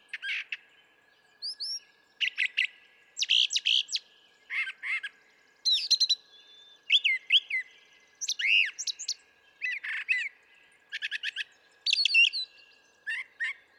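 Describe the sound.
Brown thrasher song, a continuous series of varied phrases given in pairs or triplets, from scratchy harsh notes to clear high whistles.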